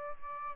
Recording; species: mosquito wingbeat signal from an infrared sensor; Aedes albopictus